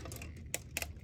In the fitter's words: when sliding it should click click in okay